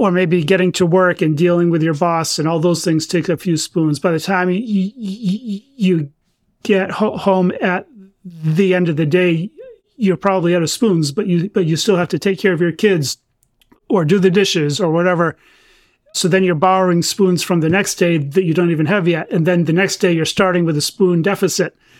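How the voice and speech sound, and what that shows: Adult male speech with a repeated phrase, stretched sounds and hesitant pauses before words, typical of stuttering that has been present since childhood with varying levels of severity.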